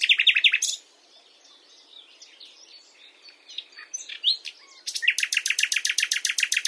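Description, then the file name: Common nightingale song: a fast repeated trill at the start, then quiet soft varied notes, and a loud rapid chopping rattle of repeated notes at the end. "Luscinia megarhynchos"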